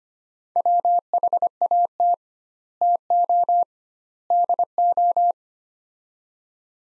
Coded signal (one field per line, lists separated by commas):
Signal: Morse code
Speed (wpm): 25 wpm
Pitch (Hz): 700 Hz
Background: none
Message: WHAT TO DO